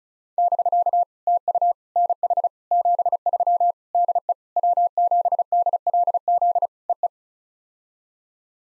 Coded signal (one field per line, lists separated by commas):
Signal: Morse code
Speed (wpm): 36 wpm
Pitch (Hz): 700 Hz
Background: none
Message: <BK> TU NH 73 DE W7DLZ EE